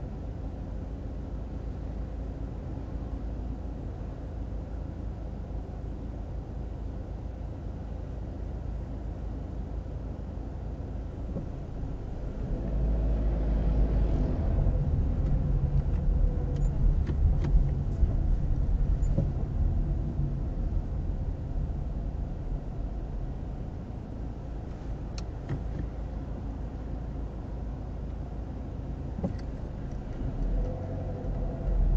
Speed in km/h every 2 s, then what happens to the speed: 0, 0, 0, 0, 0, 0, 0, 12, 12, 12, 7, 4, 0, 0, 0, 0.
0-12 standing. 12-14 pulls away to 12. 14-23 slows to 0. 23-30 standing.